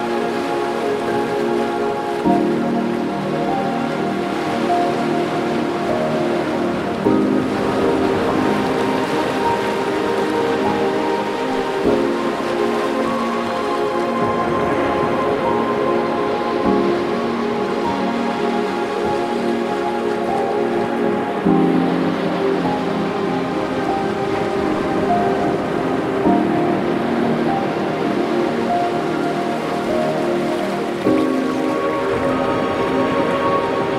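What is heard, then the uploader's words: Slow piano chords ring out over a steady wash of ocean waves, shifting to a new chord every few seconds. The surf stays even and unbroken beneath the music, with no single crash standing out, and the overall level holds constant throughout. Slow Ocean Waves, Beach Soundscape & Relaxing Piano Music. The mighty and slow waves crash against the shore with rhythmic precision.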